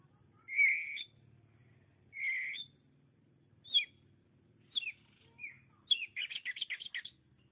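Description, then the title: Oriental magpie-robin song opening with two drawn-out whistles, then short slurred notes and a fast run of bright chirping notes. "Suara Kicauan Burung Kacer"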